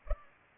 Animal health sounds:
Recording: mosquito wingbeat signal from an infrared sensor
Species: Culex pipiens

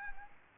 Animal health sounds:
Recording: mosquito wingbeat signal from an infrared sensor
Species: Aedes aegypti

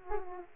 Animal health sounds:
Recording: mosquito wingbeat signal from an infrared sensor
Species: Aedes aegypti

